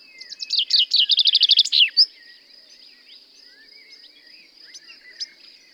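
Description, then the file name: Common chaffinch song, a rapid rattling run of repeated notes falling in pitch and closing with a flourish, followed by a constant high hiss and scattered faint chirps. "Fringilla coelebs"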